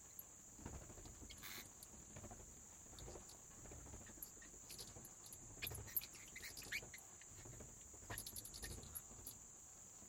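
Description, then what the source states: Bat wing flaps, a scattered rustling flutter with short irregular bursts, set against a constant faint high whine. Bats flapping their wings in a cave habitat.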